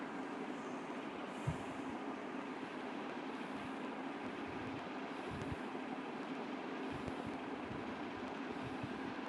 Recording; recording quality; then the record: shallow breathing; moderate, slight background noise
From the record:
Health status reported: healthy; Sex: male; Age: 19 years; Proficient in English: yes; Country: India